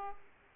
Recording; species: mosquito wingbeat signal from an infrared sensor; Aedes aegypti